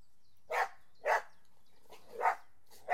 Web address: The BBC Sound Effects Library - Complete 60 CDs Collection Sound Effects Library-38 (Horses # 2 and Dogs)